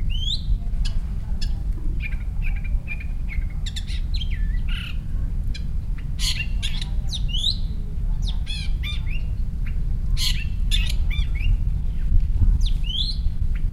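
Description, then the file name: Long-tailed shrike calling with a varied run of grating squawks, short chirps and scratchy notes, delivered in quick irregular bursts above a low background rumble. "shrike-long-tailed -Lanius-schach"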